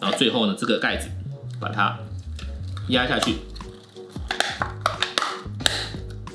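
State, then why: Seated. Someone talks over music while pressing the plastic lid of an Ankomn coffee-bean vacuum canister down into place, after reinserting a keyed part that fits only one way. A series of sharp clicks follows at 4.3, 4.4, 4.9, 5.0, 5.2 and 5.7 seconds as the lid seats, completing the reassembly.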